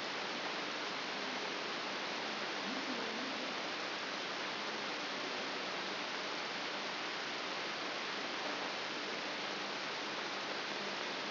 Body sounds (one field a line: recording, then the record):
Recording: brain microelectrode recording played as sound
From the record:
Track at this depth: inside the subthalamic nucleus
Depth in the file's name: 3.902 mm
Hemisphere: left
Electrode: 3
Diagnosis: Parkinson's disease